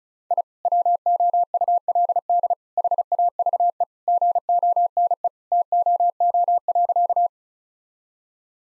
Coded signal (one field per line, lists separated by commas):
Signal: Morse code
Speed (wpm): 36 wpm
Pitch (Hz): 700 Hz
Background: none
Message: I WOULD HAVE GONE TOO.